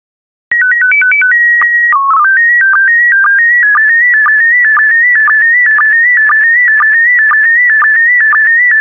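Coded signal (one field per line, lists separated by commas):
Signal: SSTV (slow-scan television)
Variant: PD 120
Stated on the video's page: SSTV PD120 images of rural France for decoding practice.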